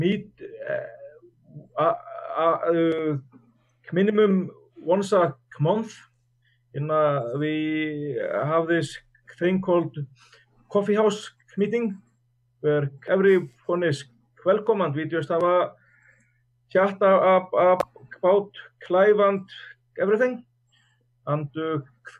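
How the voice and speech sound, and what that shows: Speech of an adult man from Reykjavík, Iceland, who stutters, broken by long silent blocks, stretched sounds and a part-word repetition, typical of stuttering.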